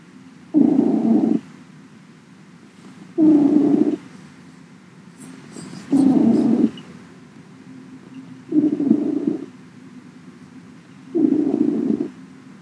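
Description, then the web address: Cat purring in low rumbling bursts about a second long, separated by quieter pauses of roughly two seconds, five bursts in all. Purring; recorded 20 September 2017. "cats max purring"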